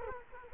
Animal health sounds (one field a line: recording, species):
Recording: mosquito wingbeat signal from an infrared sensor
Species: Culex quinquefasciatus